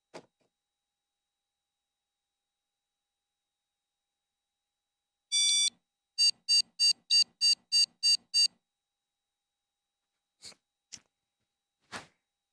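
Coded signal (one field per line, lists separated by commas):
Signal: beep code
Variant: PC BIOS POST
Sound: buzzy PC speaker: one long beep, then eight quick short beeps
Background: clicks, small room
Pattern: 1 long, 8 short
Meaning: Eight beeps: video card missing or display memory failed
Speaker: I believe that beep beep beep beep code that we got is uh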